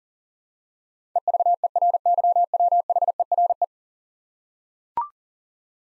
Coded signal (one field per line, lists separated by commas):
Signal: Morse code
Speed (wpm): 40 wpm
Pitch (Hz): 700 Hz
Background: none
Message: EVERYWHERE